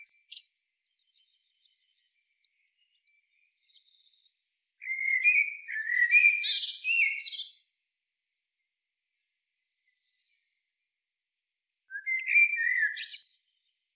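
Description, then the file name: Eurasian blackbird song: a high twittered end, then two separate fluted warbling phrases with squeaky finishes, spaced several seconds apart. "Turdus merula"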